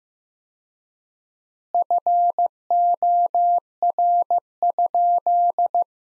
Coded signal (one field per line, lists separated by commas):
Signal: Morse code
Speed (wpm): 15 wpm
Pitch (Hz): 700 Hz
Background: none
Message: FOR?